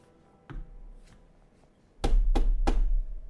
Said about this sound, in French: Un homme, du moins vous supposez, toque à la porte.